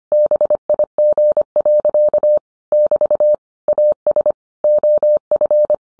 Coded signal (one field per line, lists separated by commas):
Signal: Morse code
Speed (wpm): 25 wpm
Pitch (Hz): 600 Hz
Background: none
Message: BIG. <BT> AS OF